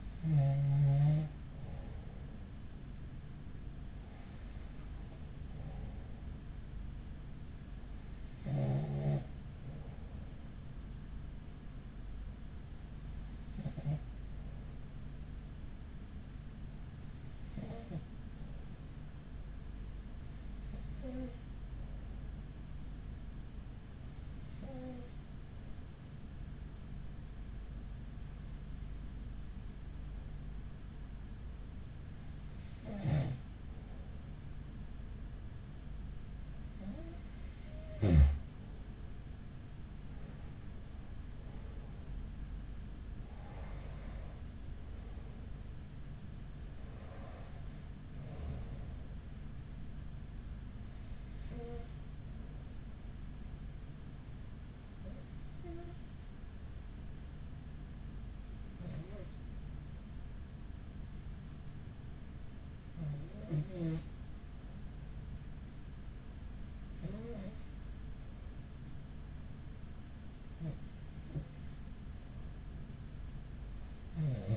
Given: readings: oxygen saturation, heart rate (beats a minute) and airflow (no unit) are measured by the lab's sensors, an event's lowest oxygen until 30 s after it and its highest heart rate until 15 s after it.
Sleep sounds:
breathing in sleep by a smartphone at the bedside; 1
17.00-43.20 s: hypopnea (N2, oxygen 94% highest, then 93% lowest, heart rate 43 at the start, 52 highest)
From the record:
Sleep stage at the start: N2 (light sleep); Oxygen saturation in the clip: 92 to 94%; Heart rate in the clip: 42 to 52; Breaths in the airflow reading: 19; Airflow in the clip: -5.5 to 6.0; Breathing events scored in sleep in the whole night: 207 in 7.6 hours asleep

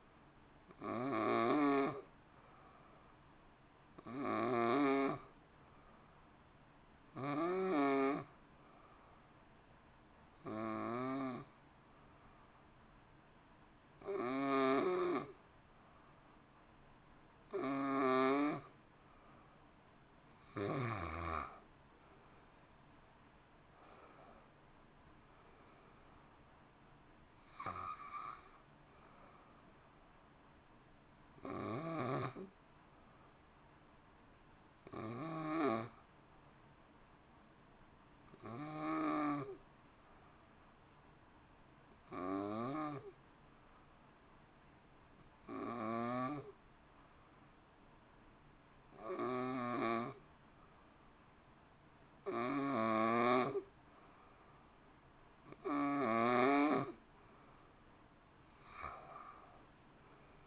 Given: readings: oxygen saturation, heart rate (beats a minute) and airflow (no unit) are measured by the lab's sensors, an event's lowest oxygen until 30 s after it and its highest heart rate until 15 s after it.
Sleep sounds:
breathing in sleep by a voice recorder at the bedside; 2
8.00-19.40 s: hypopnea (N2, oxygen 91% highest, then 89% lowest)
10.00-40.00 s: new sleep stage, N1 (lightest sleep)
31.00-55.00 s: hypopnea (N1, oxygen 94% highest, then 89% lowest, heart rate 57 at the start, 60 highest)
40.00-60.47 s: new sleep stage, N2 (light sleep)
From the record:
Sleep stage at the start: N2 (light sleep); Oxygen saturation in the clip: 88 to 94%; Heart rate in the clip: 54 to 60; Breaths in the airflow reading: 18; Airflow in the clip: -1.8 to 3.3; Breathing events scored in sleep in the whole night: 328 in 6.3 hours asleep

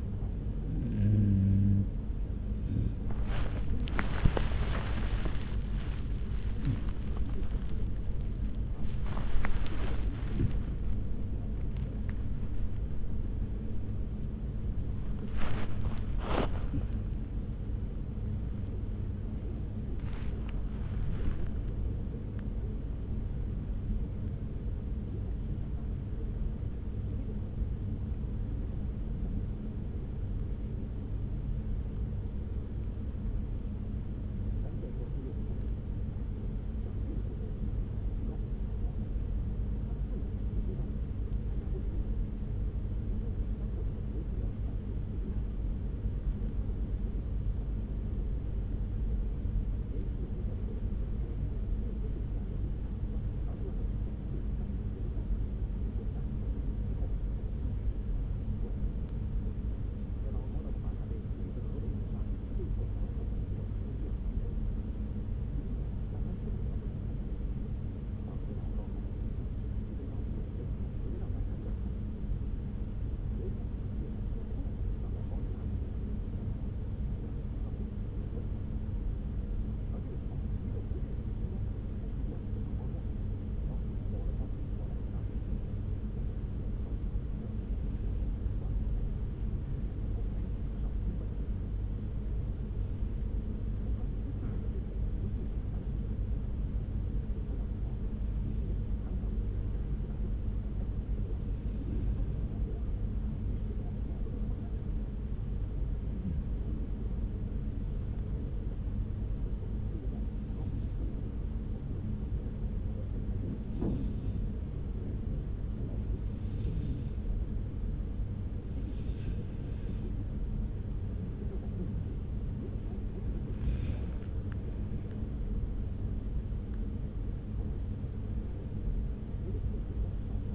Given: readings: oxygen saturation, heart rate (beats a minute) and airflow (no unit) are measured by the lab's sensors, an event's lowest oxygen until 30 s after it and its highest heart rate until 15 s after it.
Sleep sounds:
breathing in sleep by a smartphone at the bedside; 1
0.00-28.00 s: awake
20.00-130.55 s: new sleep stage, N1 (lightest sleep)
28.00-117.30 s: hypopnea (N1, oxygen 97% highest, then 90% lowest)
From the record:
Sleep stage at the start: awake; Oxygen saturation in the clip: 91 to 97%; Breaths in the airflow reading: 49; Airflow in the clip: -1.8 to 3.2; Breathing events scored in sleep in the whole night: 335 in 6.7 hours asleep

